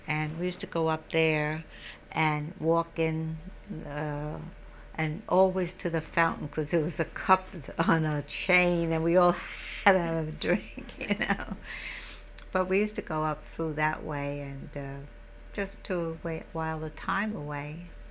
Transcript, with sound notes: And we used to go up there and walk in, and always to the fountain because there was a cup on a chain and we all had to have a drink, you know. ( she laughs ) But we used to go up through that way and just to while the time away.